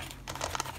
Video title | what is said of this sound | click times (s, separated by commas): Toy Gun - Realistic 1:1 Scale 450 Adams Bulldog Revolver - Rubber Bullet Pistol Prop | of course you've got the strap that comes over here and clicks | 0.6 s